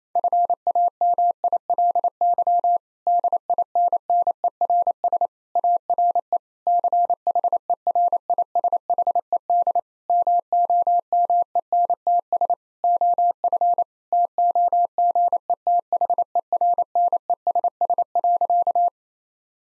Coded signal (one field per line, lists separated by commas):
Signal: Morse code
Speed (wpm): 28 wpm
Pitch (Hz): 700 Hz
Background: none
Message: FAMILY DINNERS ARE CHERISHED MOMENTS OF TOGETHERNESS.